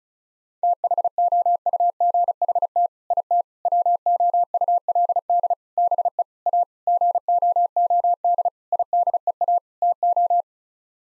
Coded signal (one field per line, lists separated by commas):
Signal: Morse code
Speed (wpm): 36 wpm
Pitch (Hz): 700 Hz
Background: none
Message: THOUGHT IT WOULD BE A GOOD IDEA TO